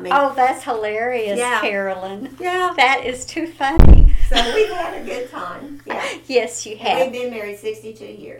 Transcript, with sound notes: Oh, that's hilarious--
Yeah.
--Carolyn!
Yeah.
That is too funny!
So we had a good time. Yeah.
(Chuckling) Yes, you have.
And we've been married sixty-two years.